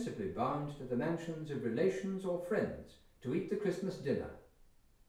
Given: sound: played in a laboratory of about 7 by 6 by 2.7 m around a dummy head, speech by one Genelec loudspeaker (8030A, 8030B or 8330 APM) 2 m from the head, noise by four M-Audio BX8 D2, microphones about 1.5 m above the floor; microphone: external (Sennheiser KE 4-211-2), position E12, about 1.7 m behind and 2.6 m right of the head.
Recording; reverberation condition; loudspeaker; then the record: male speech in English; medium; 60 degrees to the left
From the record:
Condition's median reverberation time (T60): about 510 ms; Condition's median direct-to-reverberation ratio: about -0.5 dB